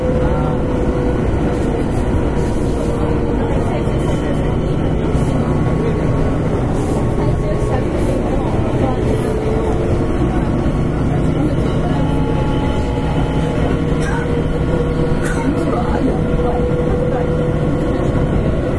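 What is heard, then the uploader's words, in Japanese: Running sound of a 6000 series electric train, recorded aboard an express. A dense, steady low rumble holds at an even loudness throughout, with faint tonal whines drifting in and out and light clatter scattered across the recording. 京阪電鉄6000系電車の走行音です。特急列車での収録。区間は葛葉から淀屋橋までです。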